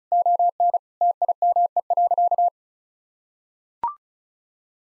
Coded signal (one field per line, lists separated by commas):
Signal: Morse code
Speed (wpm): 36 wpm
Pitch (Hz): 700 Hz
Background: none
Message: ON TIME.